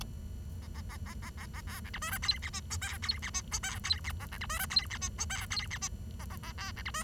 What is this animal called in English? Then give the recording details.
Bengalese Finch. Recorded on 23 June 2012 at 07:56. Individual gr41rd51